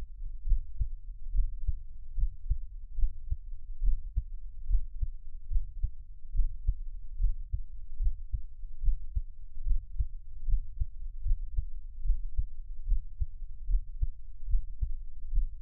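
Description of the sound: Steady, regular low thumping heartbeat of an adult, offered as their own heartbeat for Taiwanese ASMR listening, at about 73 beats a minute, heard close up with no talking.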